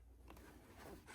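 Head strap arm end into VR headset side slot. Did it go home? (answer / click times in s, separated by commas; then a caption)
yes / 0.3 s. The end of a plastic head strap arm is pushed into its side slot on a Meta Quest 3 VR headset, with scraping and rubbing as it slides in. It snaps into place with a click at 0.3 s and is seated nice and tight.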